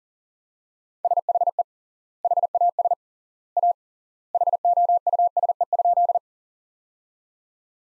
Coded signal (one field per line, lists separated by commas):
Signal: Morse code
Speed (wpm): 40 wpm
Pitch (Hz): 700 Hz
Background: none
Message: SHE HAS A HOUSE?